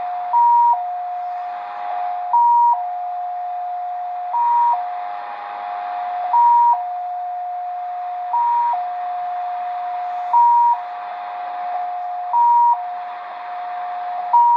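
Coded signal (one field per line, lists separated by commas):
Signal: multi-tone FSK (Olivia or MFSK type)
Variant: XPA2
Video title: Degen DE-1103 - XPA2 Data Mode 13/08/2023 2100 UTC 12159kHz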